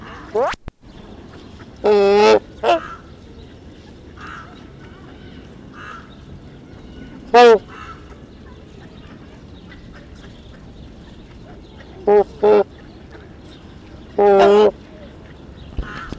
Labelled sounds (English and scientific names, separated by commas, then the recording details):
Trumpeter Swan (Cygnus buccinator) call
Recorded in captivity
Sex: group
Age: adult
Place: Tierpark Berlin, Berlin, DE
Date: 1974-01-13 12:00
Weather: sunny, ca. 5°C
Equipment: Uher 4200 Report Stereo, Sennheiser MD 421, Verstärker
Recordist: Tembrock, Günter